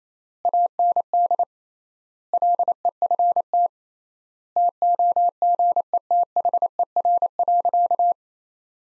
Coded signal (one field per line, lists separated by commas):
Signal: Morse code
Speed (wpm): 28 wpm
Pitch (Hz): 700 Hz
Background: none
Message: AND LEFT TOGETHER.